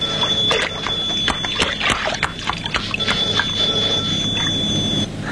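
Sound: telephone ringing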